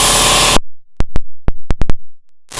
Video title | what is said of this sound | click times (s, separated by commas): HF Manual Tire Changer Mod Demo | all right we've got a speeds not seated right so I'll have to play with a bit | 1.0 s, 1.2 s, 1.5 s, 1.7 s, 1.8 s, 1.9 s